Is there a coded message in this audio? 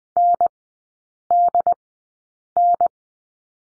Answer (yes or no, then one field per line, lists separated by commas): yes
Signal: Morse code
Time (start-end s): 0.2-2.9 s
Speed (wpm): 20 wpm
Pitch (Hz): 700 Hz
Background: none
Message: NDN